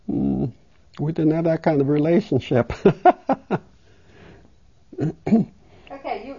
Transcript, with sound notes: We didn't have that kind of relationship. (She laughs.)
Okay.